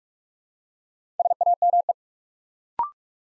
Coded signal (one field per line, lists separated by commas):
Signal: Morse code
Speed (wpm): 44 wpm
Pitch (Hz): 700 Hz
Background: none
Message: SAME